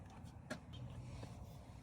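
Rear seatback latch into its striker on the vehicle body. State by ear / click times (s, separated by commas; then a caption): seated / 0.5 s. A rear seatback in a 2007–2015 Lincoln MKX is lifted upright until its latch clicks into the striker on the vehicle body at 0.5 s. The click is a short, sharp sound over a low rumble of background noise. The seatback locks upright and is secure.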